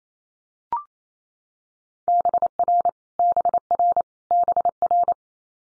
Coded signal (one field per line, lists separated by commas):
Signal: Morse code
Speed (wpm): 28 wpm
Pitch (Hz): 700 Hz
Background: none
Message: BR BR BR